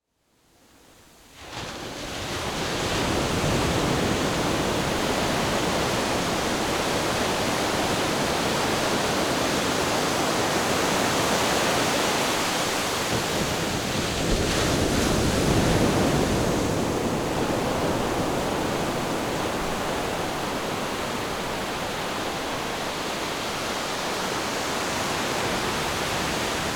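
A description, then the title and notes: Ocean waves rush in a dense, steady roar that fades up from silence over the first second or two, then holds at a constant level. A slightly stronger surge swells around fifteen seconds before easing back into the continuous hiss of surf. Ocean Waves.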